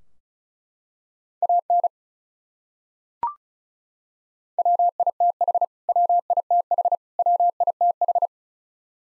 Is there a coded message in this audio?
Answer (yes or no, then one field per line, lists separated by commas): yes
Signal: Morse code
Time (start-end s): 1.4-8.3 s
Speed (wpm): 36 wpm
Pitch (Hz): 700 Hz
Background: none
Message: AN WITH WITH WITH